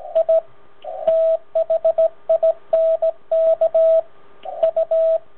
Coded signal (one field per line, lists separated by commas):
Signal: Morse code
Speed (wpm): 16 wpm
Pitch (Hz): 650 Hz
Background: radio noise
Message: I THINK U